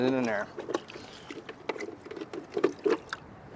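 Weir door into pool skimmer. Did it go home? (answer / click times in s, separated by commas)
yes / 1.7 s, 3.1 s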